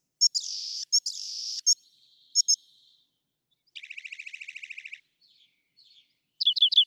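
Rock wren song: buzzy high phrases with clicks, then a fast chattering trill lasting about a second, ending with quick sharp repeated notes.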